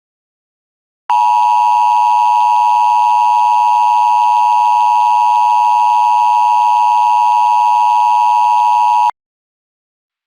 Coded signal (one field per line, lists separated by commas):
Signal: Emergency Alert System (SAME) tones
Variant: 853 and 960 Hz attention tone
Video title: EAS Mock - 1999 EAS